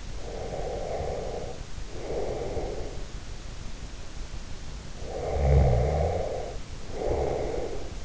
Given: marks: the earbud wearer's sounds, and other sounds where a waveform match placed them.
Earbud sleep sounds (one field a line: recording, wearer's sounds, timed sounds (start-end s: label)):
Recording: sounds in sleep by an in-ear microphone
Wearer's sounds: breath, snoring breath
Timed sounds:
0.13-2.91 s: breath
4.96-8.05 s: snoring breath